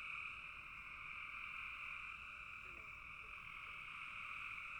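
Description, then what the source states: Frog chorus, steady high trilling throughout, with a few soft lower chirps slipping in near the middle. Frogs calling in a bog.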